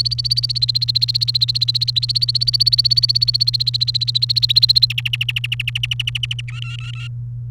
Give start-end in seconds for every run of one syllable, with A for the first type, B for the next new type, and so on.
0.00-4.86 A, 4.90-6.41 B, 6.48-7.08 C